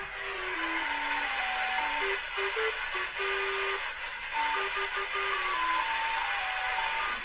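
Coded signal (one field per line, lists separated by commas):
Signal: numbers station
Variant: Lincolnshire Poacher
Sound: a thin electronic folk melody of short stepped notes over steady shortwave hiss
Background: radio static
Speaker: such as the lincolnshire poacher and that was so called because the opening bars were like an old folk chain right called the lincolnshire poacher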